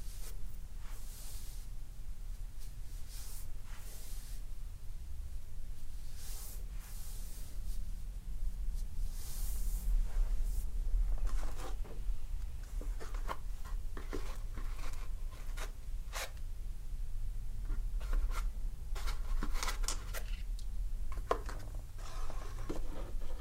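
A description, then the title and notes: Clothes rustle and hands rub in massage sounds, made of short scraping and brushing strokes that come irregularly throughout, some quick and clustered, a few brighter and sharper. A steady low hum runs underneath the whole time at a fairly even level. ASMR — Reiki Aura Energy Cutting with Gemstones and Smoke.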